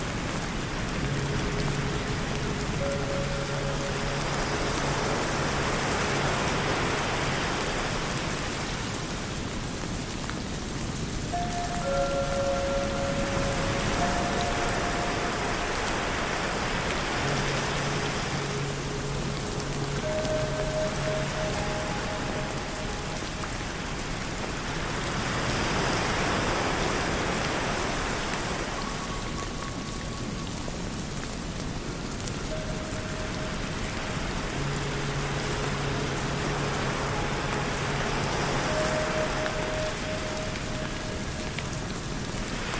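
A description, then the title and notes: Steady rain hisses throughout, with ocean waves swelling and receding about every eight or nine seconds. Over it, singing bowl tones ring in sustained, overlapping notes, with a low hum returning every fifteen seconds or so. Tibetan Singing Bowls Music To Sleep With Rain Sounds And Ocean Waves in Hawaii.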